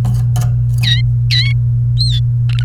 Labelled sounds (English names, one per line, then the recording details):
Domestic Canary song
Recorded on 29 April 2018 at 09:06
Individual llb3